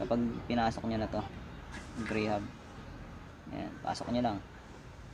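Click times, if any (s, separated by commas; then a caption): none. A bicycle freehub body with spring-loaded pawls is being handled and pushed toward the ratchet teeth of a brand-new Sagmit M120 rear hub shell while someone talks. Nothing has seated or clicked yet.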